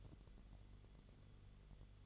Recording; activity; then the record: daily activity, microphone in the room; light off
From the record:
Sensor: 4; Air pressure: 1008.7 hPa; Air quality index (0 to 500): 95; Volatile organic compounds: 1 ppm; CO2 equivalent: 717 ppm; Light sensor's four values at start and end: 11/27/10/10 and 11/25/10/9